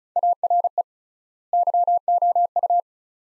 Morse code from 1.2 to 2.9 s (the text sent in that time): YOU